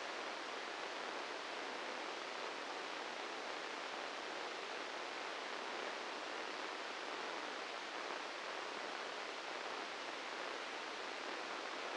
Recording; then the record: brain microelectrode recording played as sound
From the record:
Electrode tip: inside the subthalamic nucleus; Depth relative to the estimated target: -1 mm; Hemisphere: right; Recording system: NeuroSet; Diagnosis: Parkinson's disease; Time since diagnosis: 13 years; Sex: male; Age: 66 years